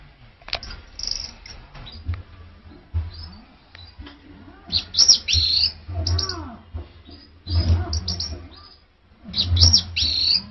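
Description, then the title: Orange-headed thrush song: varied high whistled and scratchy phrases in bursts, with low rumbling background noise. "Anis Merah1"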